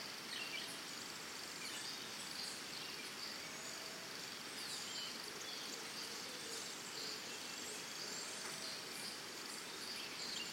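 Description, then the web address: Crickets in a steady high trill, joined by faint bird chirps and a dense wash of insect noise. Early morning in Costa Rica, with birds calling alongside the crickets. "Big Room Sound Birds Crickets Costa Rica Early Morning"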